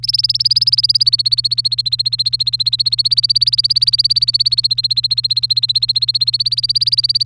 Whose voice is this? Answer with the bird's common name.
Domestic Canary